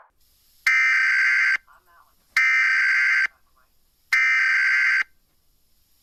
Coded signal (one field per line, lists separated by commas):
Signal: Emergency Alert System (SAME) tones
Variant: header bursts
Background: speech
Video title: EAS Scenario - The Endless Hurricane